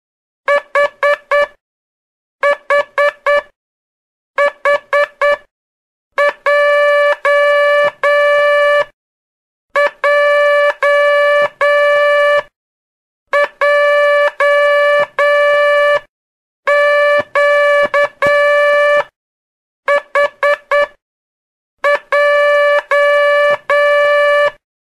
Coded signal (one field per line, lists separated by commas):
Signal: Morse code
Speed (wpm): 9 wpm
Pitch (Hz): 580 Hz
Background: none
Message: H H H J J J Q H J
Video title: Aula de telegrafia Décima segunda parte